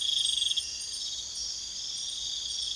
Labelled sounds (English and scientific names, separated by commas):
none